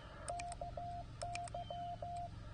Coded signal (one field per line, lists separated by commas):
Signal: Morse code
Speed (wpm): 15 wpm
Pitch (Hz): 700 Hz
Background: radio noise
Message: KY